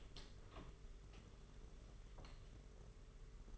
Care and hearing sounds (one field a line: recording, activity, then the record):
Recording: daily activity, microphone in the room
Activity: open door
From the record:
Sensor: 4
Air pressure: 992.4 hPa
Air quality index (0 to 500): 114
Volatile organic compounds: 22 ppm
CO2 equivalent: 2748 ppm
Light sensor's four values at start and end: 21/74/27/28 and 21/71/26/27